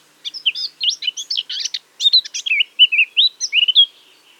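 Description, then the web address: Eurasian blackcap song: a rapid scratchy warble of high twittering notes, flowing into clearer fluted whistles that rise and fall toward the end. "SETE data Sylvia atricapilla"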